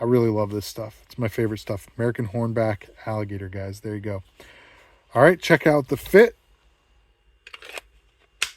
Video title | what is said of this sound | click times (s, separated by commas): Custom Sheaths for Lon Humphrey Ranger and Mark McCoun Tomahawk | Nice click in. | 8.4 s